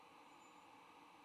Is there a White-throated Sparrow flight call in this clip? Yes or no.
no